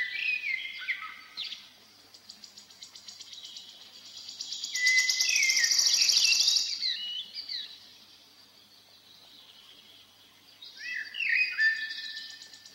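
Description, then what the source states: Eurasian blackbird song: short whistled, warbling phrases at start and end, with a loud shivering high trill from another bird in between. Sings a little sadly; its song is interrupted by a wood warbler.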